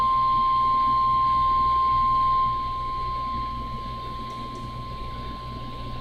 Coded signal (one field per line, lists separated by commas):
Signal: Emergency Alert System (SAME) tones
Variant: 1050 Hz attention tone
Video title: NOAA EAS RWT #2